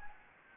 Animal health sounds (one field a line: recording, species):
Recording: mosquito wingbeat signal from an infrared sensor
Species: Anopheles gambiae